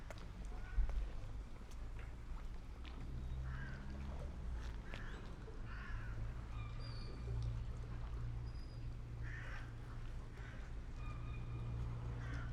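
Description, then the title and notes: Gull calls, short scattered cries spread throughout, heard over lapping water and a steady low engine-like drone. Gulls with water lapping in the fishing harbour of Reine, Sørvågen, Norway, at noon; all calm, fishermen, tourists and traffic; recorded on MixPre6II with DPA 4041 in Cinela PIA2. "PORT DE PECHE AU REPOS _ Gamle Sørvågen 12, 8392 Sørvågen, Norvège - MOUETTES ET CLAPOTIS PORT DE PECHE. MOUETTES ET CLAPOTIS dans le port de Reine. Il est midi et tout est calme, pêcheurs, touristes et circulation"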